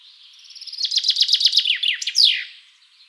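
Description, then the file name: Common chaffinch song: a cascading run of crisp repeated notes, stepping lower in pitch and finishing with an emphatic down-slurred flourish. "Fringilla coelebs"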